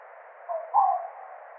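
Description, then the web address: Tawny owl call: two brief tonal notes, the second louder and slightly wavering, against a faint steady hiss. "strix aluco call"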